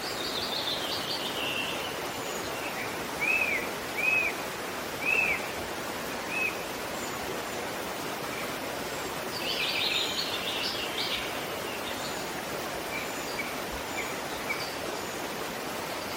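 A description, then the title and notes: A steady rush of running water fills the whole clip, dense and even like a mountain stream. Over it, a bird gives a few short rising chirps around three to six seconds, and a brighter twittering trill surfaces briefly near ten seconds. Sounds of Mountain Rivers and Forest Birds Singing.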